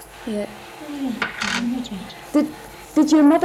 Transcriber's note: coins being put on table by OP